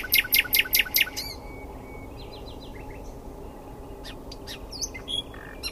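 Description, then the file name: Common nightingale singing a burst of loud, rapid, sharp notes, followed by softer scattered chips and short twittering notes. "Luscinia megarhynchos"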